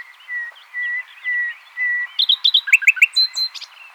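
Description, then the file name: Common nightingale song: four evenly spaced level whistles, then a burst of rich, rattling notes and a brief high whistle. "Luscinia megarhynchos"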